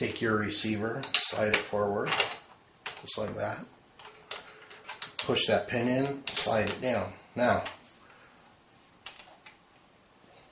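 During reassembly of a Yugoslavian SKS 7.62x39mm semi-automatic rifle with a milled receiver, the receiver is slid forward and the trigger group pin is pushed in and slid down while someone talks. Short, sharp metallic handling ticks from the steel mechanism come at about 4.3, 5.0, 9.1 and 10.5 seconds. The bolt hold-open catch has not yet clicked into place by the end, and nothing has seated.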